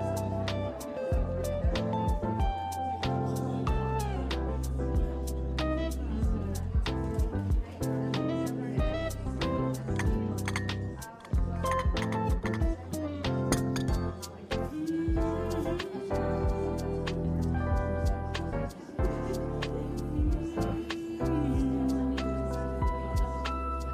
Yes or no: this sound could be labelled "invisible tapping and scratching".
no